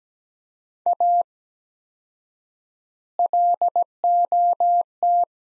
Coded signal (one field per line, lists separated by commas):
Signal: Morse code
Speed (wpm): 17 wpm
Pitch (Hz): 700 Hz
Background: none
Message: A LOT